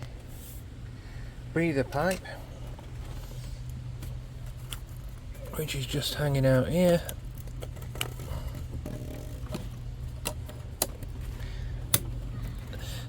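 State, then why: Seated. A person talks while reconnecting the push-fit plastic quick connector of the breather pipe onto its engine port during turbo refitting on a Skoda Superb Mk3 2.0 TDI. After soft handling noises, two sharp clicks sound at 10.8 s and 11.9 s, and the connector is confirmed seated.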